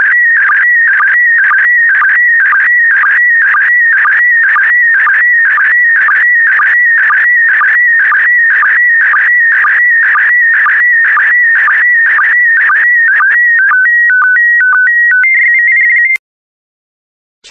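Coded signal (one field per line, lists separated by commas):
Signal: SSTV (slow-scan television)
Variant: PD120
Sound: warbling, buzzing tone scanning steadily with rhythmic blips, then clean stepped beeps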